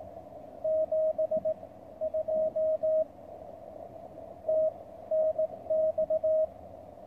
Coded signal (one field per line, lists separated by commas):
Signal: Morse code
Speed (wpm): 18 wpm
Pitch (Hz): 630 Hz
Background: none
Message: 72 TNX